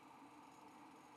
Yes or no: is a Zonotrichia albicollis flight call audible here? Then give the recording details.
no. No flight call is heard. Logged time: 02:56 on 5 December 2014